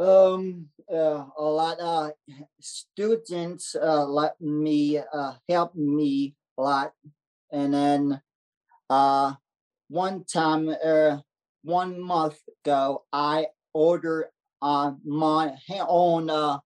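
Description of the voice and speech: Slow, effortful speech from an adult man with aphasia after a stroke 3 years ago, recovering in speech-language therapy. Long pauses, drawn-out fillers, a mixed-up phrase ('let me help me'), a self-corrected restart ('one time... one month ago') and an unfinished word. This halting, word-finding pattern fits non-fluent aphasia.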